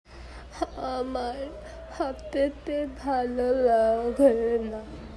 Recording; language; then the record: elicited speech; Bengali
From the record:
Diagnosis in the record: Broca's or global aphasia after a stroke